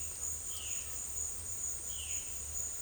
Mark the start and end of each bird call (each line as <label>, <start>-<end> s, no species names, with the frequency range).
bird call (2.5-3.6 kHz), 0.45-0.83 s
bird call (2.4-3.7 kHz), 1.78-2.44 s